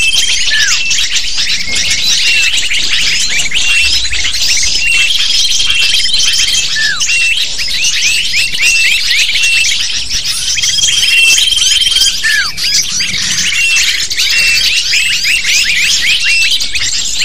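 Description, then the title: Lovebird flock chattering for the whole length, continuous shrill chirps and squawks with scattered falling calls and brief whistled tones. Lure recording (pikat) used to attract lovebirds. "PIKAT BURUNG LOVEBIRD"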